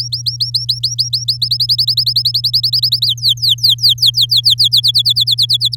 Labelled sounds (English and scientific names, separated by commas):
Domestic Canary (Serinus canaria) song